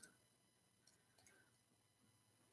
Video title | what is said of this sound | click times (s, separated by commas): Nausicaa Model Kit Build - LIVE | yeah, that snapped right in there. | 0.0 s